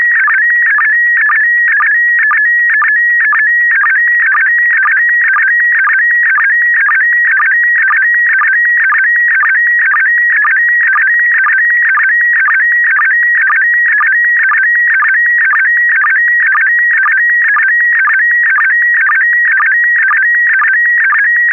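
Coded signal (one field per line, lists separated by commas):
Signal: SSTV (slow-scan television)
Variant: PD120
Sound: continuous warbling tone shifting pitch, with short low chirps about twice a second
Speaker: this is going out PD 120.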